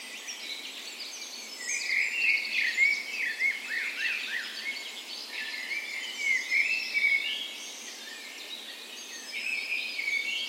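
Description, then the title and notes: Birds in a dawn chorus, busy overlapping high warbles and chirps, with louder bursts of song followed by a quieter spell. Spring dawn chorus recorded in a park west in Bergen, Norway, on the morning of 17 May, Norway's National Day; Sony PCM A10 recorder with LOM Micro Usi microphones as tree ears. "17th Of May Dawn Chorus. Recorded on the morning of Norways National Day the 17th of May in a park west in Bergen. Spring is in full effect, and the dawn chorus sounds wonderful!"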